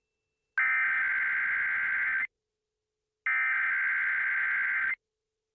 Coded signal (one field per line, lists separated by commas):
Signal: Emergency Alert System (SAME) tones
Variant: header bursts